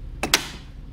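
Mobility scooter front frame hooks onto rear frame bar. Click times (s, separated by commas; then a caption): 0.2 s, 0.3 s. A Go Go LX 4-wheel mobility scooter's front frame hooks are lined up on the rear section's bar and dropped so gravity joins the two halves. Two sharp metallic clicks sound at 0.2 s and 0.3 s, the second louder, as the metal frame latch clicks home. The frame is seated and back together.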